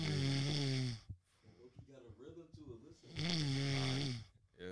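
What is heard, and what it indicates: Two loud, buzzing snores from a sleeping adult man in a hotel room, each about a second long and spaced roughly three seconds apart, with a steady low pitch. Quieter voices talk in the gaps and after them. The snoring has a clear rhythm, with little air pushed out on each snore. The pattern is ordinary rhythmic snoring during sleep.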